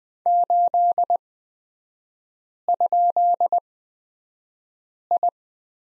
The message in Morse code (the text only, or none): 8?I